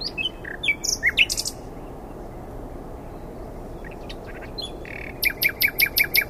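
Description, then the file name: Common nightingale song phrases: varied sharp chirps and slurred notes, a quiet gap, then a run of loud repeated notes near the end. "Luscinia megarhynchos"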